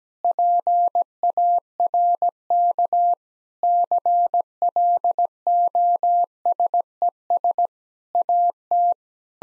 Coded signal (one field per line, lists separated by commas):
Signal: Morse code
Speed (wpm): 17 wpm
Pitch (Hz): 700 Hz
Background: none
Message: PARK CLOSES AT